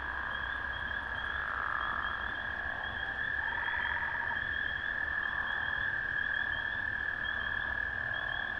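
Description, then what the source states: Amphibians calling in a dense chorus: a steady high trilling drone with rapid pulsed notes above it, swelling and fading in slow waves, plus a brief lower rattle midway. Recorded at a valley pond, 05/03/2020.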